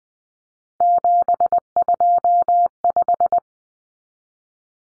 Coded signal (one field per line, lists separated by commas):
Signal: Morse code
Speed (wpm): 20 wpm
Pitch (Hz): 700 Hz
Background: none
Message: 725